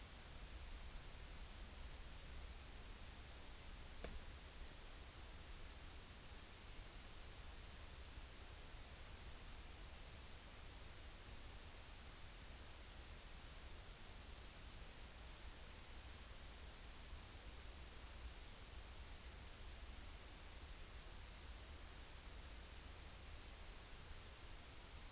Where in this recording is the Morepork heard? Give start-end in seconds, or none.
none